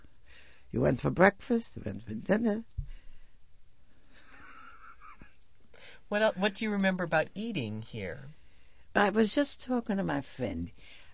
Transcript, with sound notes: You went for breakfast, you went for dinner. (she laughs)
What else, what do you remember about eating here?
I was just talking to my friend.